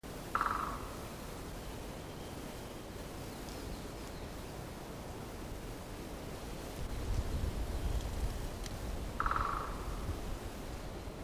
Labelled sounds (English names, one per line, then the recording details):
Great Spotted Woodpecker
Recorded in the wild
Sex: female
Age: adult
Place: Mühlenbecker Wald, Brandenburg, DE
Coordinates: 52.6833, 13.4
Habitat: forest
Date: 1987-04-19 10:42
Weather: sonnig, 15°C
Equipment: Nagra SN, Kopie Tesla B 116
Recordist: Tembrock, Günter
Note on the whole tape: Buchenhochwald: zwei Exemplare, wahrscheinlich beides Weibchen. Ein Exemplar gesehen: Weibchen: Trommeln und Rufe